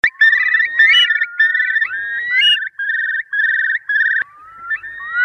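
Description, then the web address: Curlew bubbling call: quavering trilled phrases mixed with rising whistles, ending on a long, slowly climbing whistle. Filtered. "FILTERED CHIURLI"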